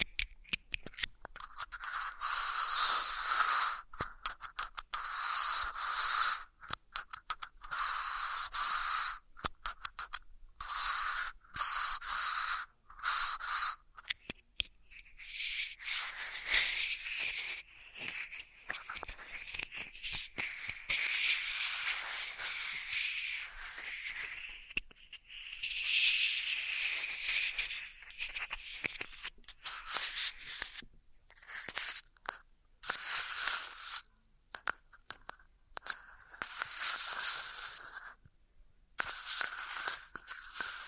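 Ear massage triggers: dense, crackly rubbing and scratching sounds, bright and hissy, with frequent short gaps of silence cutting in throughout. The texture shifts after about fifteen seconds, becoming smoother and more continuous before breaking up again into choppy bursts.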